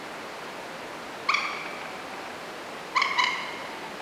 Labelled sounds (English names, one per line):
Common Moorhen